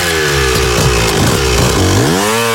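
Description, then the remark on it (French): A rider mounts and starts a big motorcycle; the engine runs loud and steady, its low harmonic rumble wavering before the throttle opens and the pitch sweeps sharply upward in a rev near the end. No voices. “Parce qu'en fait, si vous voulez, il y a des motos comme ça.”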